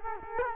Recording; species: mosquito wingbeat signal from an infrared sensor; Culex quinquefasciatus